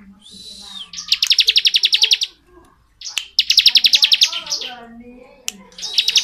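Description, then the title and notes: Bar-winged prinia song, a thin whistled note followed by rapid buzzy pulsed trills lasting over a second, then a pause and another trill. Bar-winged prinia song in the rapid 'ngebren' style, used as training audio for oriental magpie-robins. "Ciblek Ngebren Untuk Masteran Murai Batu. Suara burung ciblek - Suara Nada"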